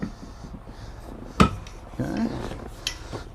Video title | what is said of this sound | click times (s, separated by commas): 2021 Newmar Canyon Star 3927 - Front Engine Diesel | you take these three poles they just kind of lock into place kind of a cloverleaf design on the bottom there | 1.4 s